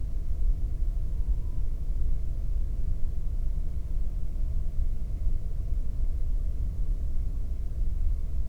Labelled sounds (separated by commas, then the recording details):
bird
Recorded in the Prudhoe Bay oil fields, Alaska, on 22 May 2019 at 00:35
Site 19